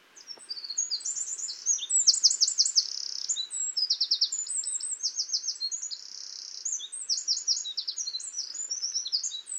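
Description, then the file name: Eurasian wren delivering an unbroken, very fast series of shrill trills and twittering notes that runs for nearly ten seconds. "Troglodytes troglodytes"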